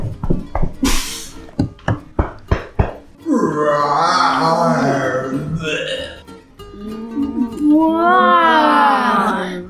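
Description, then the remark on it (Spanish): Several quick, sharp pats on a cat character's back, given to relieve trapped gas, give way to a long, loud, gurgling burp that rumbles on for seconds, then trails into a wavering, moaning vocal sound. “prometo que nunca más me tiro un eructo”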